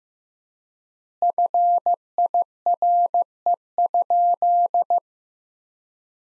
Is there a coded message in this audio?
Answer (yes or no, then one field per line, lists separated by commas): yes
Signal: Morse code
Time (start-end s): 1.2-5.0 s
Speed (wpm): 15 wpm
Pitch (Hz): 700 Hz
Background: none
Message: FIRE?